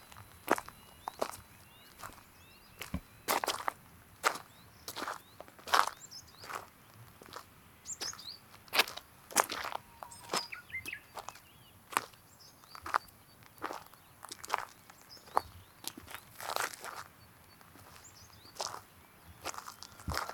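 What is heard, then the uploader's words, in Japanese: Footsteps crunch over riverside gravel at a steady walking pace, roughly one sharp step every second throughout. Faint, high bird chirps flicker in the background between steps, over a quiet outdoor hush. うぐいすの声を聞きながら河原を歩く。河原をじゃりじゃり歩いていきましょう。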